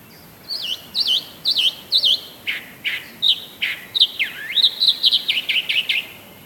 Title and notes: Calandria real (Mimus triurus). Amancay esq. Huemul. B° Patagonia. /8/2016-9hs aprox. Por Magali Agnello